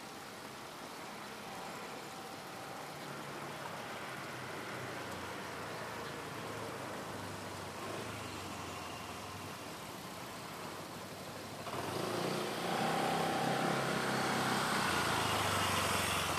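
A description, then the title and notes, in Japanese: Street sound with steady rushing water over a constant hum of traffic. Around twelve seconds a heavy vehicle sounds and the whole scene grows louder and brighter, its engine rumbling low beneath the splashing flow until the end. A river that flows right next to the city.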